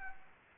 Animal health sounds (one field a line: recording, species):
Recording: mosquito wingbeat signal from an infrared sensor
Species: Anopheles arabiensis